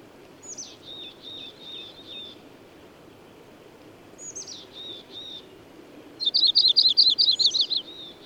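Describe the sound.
Bird giving two soft phrases of downslurred high notes, then a loud rapid trill-like run of chirps near the end.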